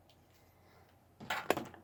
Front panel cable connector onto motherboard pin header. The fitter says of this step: see and then snaps right in even though there's no connection on that pin don't worry about it